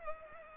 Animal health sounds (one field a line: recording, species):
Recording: mosquito wingbeat signal from an infrared sensor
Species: Culex pipiens